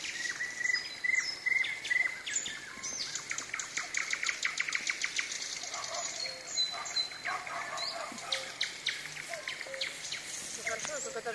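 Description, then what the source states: Common nightingale song, clear whistles and rapid rattling clicks in varied phrases throughout. Singing in the evening, with thunder.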